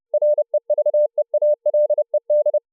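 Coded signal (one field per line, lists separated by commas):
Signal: Morse code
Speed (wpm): 30 wpm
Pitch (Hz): 600 Hz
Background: none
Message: REVEALED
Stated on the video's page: VLF signal received by sound card input SDR software, demo at 48 kHz sample rate covering ±24 kHz.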